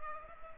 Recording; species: mosquito wingbeat signal from an infrared sensor; Culex pipiens